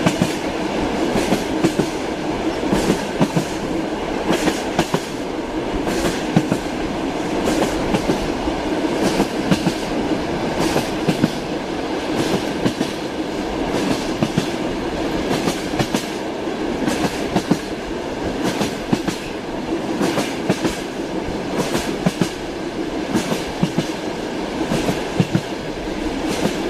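A train rolls along at a steady pace, heard from inside as a constant low rumble and rushing hiss. Quick, fairly regular clicks and clacks from the wheels on the rail joints cut through throughout, with no change in speed or loudness.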